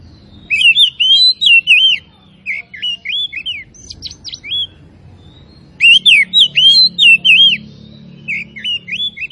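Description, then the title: Oriental magpie-robin singing repeated bursts of sharp, rapid whistled phrases with short pauses, a vigorous chattering rhythm over faint low hum. Singing bird described as gacor (singing vigorously and continuously); Tretes type. "Kacer Tretes Gacor"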